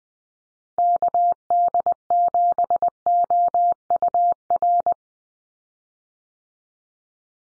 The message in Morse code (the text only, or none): KD7OUR